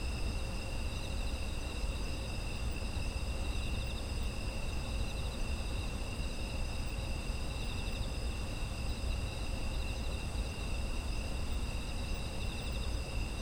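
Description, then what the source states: Insects chorusing in steady, unbroken high trilling bands at several pitches, with a constant low rumble of background noise underneath. Ambient sound of autumn insects.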